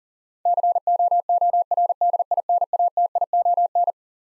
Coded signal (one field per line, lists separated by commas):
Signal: Morse code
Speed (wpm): 40 wpm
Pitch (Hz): 700 Hz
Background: none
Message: COORDINATION